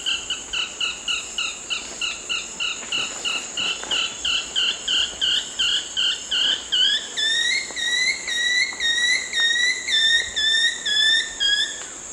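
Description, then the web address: Long-tailed woodcreeper song: a fast run of short upslurred whistles, easing into slower, longer upslurred notes, with a steady insect drone. South America, Eastern Lowlands. "Natures Songs S America Eastern Lowlands. Long-tailed Woodcreeper"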